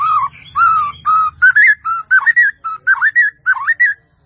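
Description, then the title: White-rumped Shama: songbird giving a run of mellow whistled notes, some rising and some looping, with a faint low hum early on. "murai batu"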